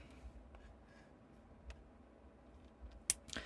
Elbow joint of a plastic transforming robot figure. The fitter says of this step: there we go it's very weird how the elbow has to lock into place